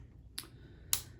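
The plastic drive shaft of a K'Nex Loop-O-Plane carnival ride model is pushed into the ride's drive connector, which it needs so the ride can operate. Two sharp snaps ring out at 0.4 s and 0.9 s, the second louder, over a quiet low background hum. The shaft is seated and connected.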